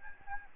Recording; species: mosquito wingbeat signal from an infrared sensor; Aedes albopictus